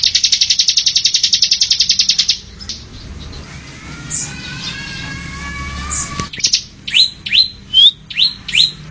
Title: Kicau Kacer